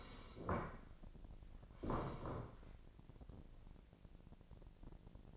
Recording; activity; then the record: daily activity, microphone in the room; sit down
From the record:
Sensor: 5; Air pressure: 1012.3 hPa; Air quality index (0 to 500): 166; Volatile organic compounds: 2 ppm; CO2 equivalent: 1130 ppm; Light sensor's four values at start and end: 266/634/272/303 and 266/633/272/303